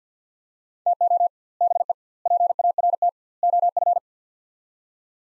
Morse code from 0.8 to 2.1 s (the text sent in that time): TO BE